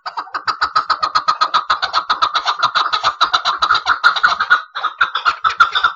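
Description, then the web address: Chukar partridge calling: a steady, fast series of clucking chuk notes, several per second, running continuously with only a brief pause. "aswat Hajal Jabali"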